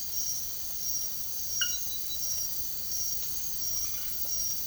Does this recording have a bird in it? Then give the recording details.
no. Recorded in secondary vegetation near Puerto Asís, Putumayo, Colombia, on 24 March 2025 at 03:00. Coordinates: 0.489, -76.322. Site G042